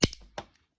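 On a Berkley 415 spinning reel, the bail, set to lock into place, is tripped by turning the rotor, and the bail trip mechanism in the rotor snaps over with a sharp metallic click at 0.0 s. A faint tick follows near 0.1 s and a second softer click near 0.4 s before it goes quiet. The bail is released.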